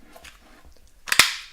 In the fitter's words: it locks into place ladder so